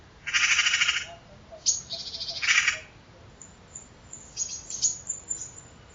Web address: Bird Only More Classes Pi Pi Pi Pi